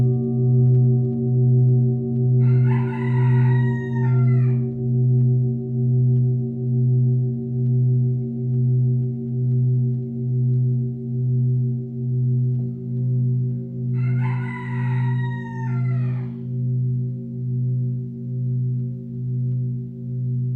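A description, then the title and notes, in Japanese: A singing bowl hums with a steady, low, layered tone, its deepest note throbbing in a slow, even pulse throughout. Twice, near the start and again past the midpoint, a rooster crows in the background, brighter and shorter than the ringing bowl. メキシコからシンギングボウルをお届け。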